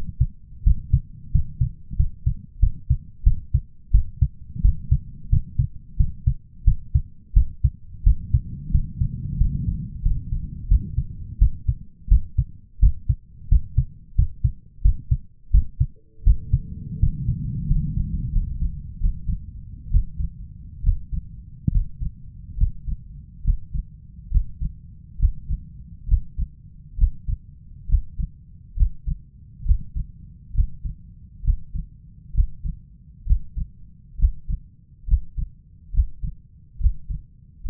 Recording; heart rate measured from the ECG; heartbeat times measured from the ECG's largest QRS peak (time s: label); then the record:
heart sounds by stethoscope; 78 bpm
0.64 s: heartbeat
1.32 s: heartbeat
1.97 s: heartbeat
2.60 s: heartbeat
3.24 s: heartbeat
3.92 s: heartbeat
4.62 s: heartbeat
5.30 s: heartbeat
5.97 s: heartbeat
6.65 s: heartbeat
7.34 s: heartbeat
8.04 s: heartbeat
8.72 s: heartbeat
9.38 s: heartbeat
10.03 s: heartbeat
10.68 s: heartbeat
11.39 s: heartbeat
12.09 s: heartbeat
12.80 s: heartbeat
13.49 s: heartbeat
14.15 s: heartbeat
14.82 s: heartbeat
15.51 s: heartbeat
16.24 s: heartbeat
17.00 s: heartbeat
17.67 s: heartbeat
18.32 s: heartbeat
19.00 s: heartbeat
19.90 s: heartbeat
20.83 s: heartbeat
21.71 s: heartbeat
22.57 s: heartbeat
23.44 s: heartbeat
24.31 s: heartbeat
25.19 s: heartbeat
26.08 s: heartbeat
26.97 s: heartbeat
27.88 s: heartbeat
28.76 s: heartbeat
29.65 s: heartbeat
30.54 s: heartbeat
31.43 s: heartbeat
32.34 s: heartbeat
33.26 s: heartbeat
34.18 s: heartbeat
35.07 s: heartbeat
35.93 s: heartbeat
36.79 s: heartbeat
37.64 s: heartbeat
From the record:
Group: healthy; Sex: male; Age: 23 years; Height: 179 cm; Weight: 87 kg